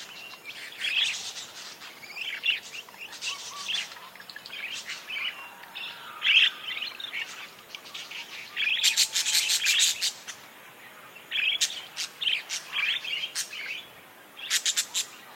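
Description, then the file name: Parakeet flock chatter, high chirps and buzzy squeaks in irregular bursts, louder clusters near the middle and end. A flock of parakeets calling together. "suara kawanan burung parkit"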